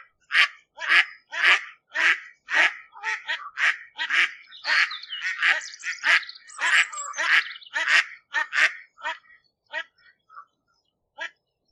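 Waterbird calling, a series of coarse notes at a steady pace, then thinning out into a few scattered calls before falling silent.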